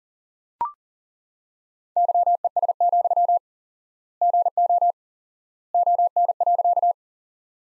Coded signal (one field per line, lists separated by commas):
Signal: Morse code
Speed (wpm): 39 wpm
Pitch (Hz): 700 Hz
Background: none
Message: YES, GO ON.